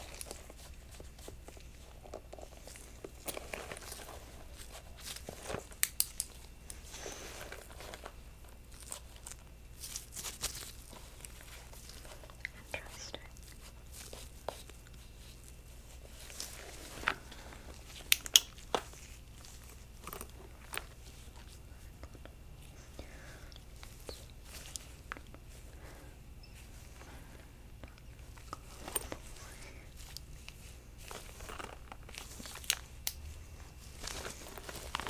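Gloved hands handle and examine objects in a steady stream of soft rustles, crinkles and small taps. Sharper clicks and knocks stand out around 6, 18 and 33 seconds over a faint low hum that runs throughout.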